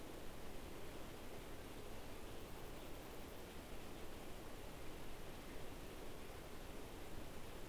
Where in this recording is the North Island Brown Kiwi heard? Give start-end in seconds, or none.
none